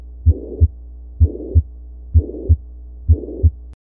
Mitral regurgitation is when blood flows backwards from the left ventricle into the left atrium during systole. Pansystolic, as it can be heard throughout systole. It's best heard at the apex and features radiation to the axilla, and is associated with a blowing, high-pitched sound. Squatting increases the intensity as increasing afterload increases resistance to the left ventricle outflow tract and.